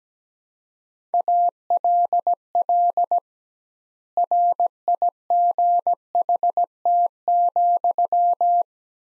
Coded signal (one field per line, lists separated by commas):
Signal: Morse code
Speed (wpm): 17 wpm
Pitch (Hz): 700 Hz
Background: none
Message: ALL RIGHT,